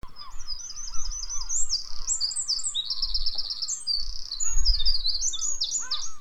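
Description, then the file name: Eurasian wren song: long, loud, high-pitched cascade of rapid trills and warbling notes, with a low rumble of background noise throughout. "Troglodytes troglodytes"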